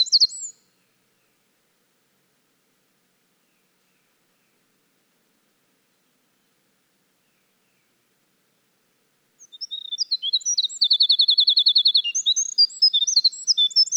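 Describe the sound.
Winter wren song: the tail of one phrase at the start, a long silence, then a fresh cascade of high, rapid twittering notes with a steady buzzing trill.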